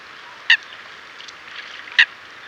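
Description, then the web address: Eurasian coot making two loud, brief, piercing calls about one and a half seconds apart, with soft chatter and hiss between. "common coot calls"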